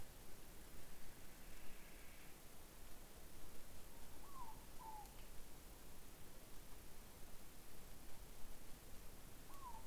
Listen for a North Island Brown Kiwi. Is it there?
no